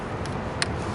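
The hooked-in folding neck of a travel guitar is pushed back against the body until its latch snaps shut with a single short, sharp click at 0.6 s over a steady low background hiss. The latch is closed and the neck sits straight.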